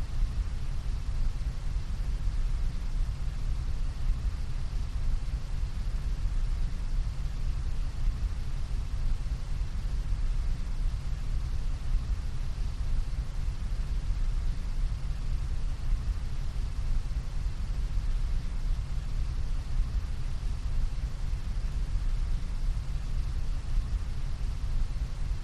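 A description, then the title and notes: A large floor fan drones without change, pushing a steady rush of heavy air. The sound is weighted low, with a deep, dense rumble under a softer hiss on top. Nothing else breaks in; the level stays even from start to finish. Large Floor Fan | Great low droning sound. Who doesn't love the droning, wind blowing sound of a fan. Steady push of heavy air and low frequency noise. Raw audio: Focusrite Scarlett CM25, Focusrite Scarlett 2i2 Audio interface.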